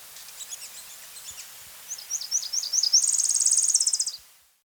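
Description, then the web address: Tropical parula song: a faint series of high notes, then louder chips leading into a fast dry trill that ends abruptly. Recorded in the Andes of South America. "Natures Songs S America Andean Birds. Tropical Parula (Parula Pitiayumi)"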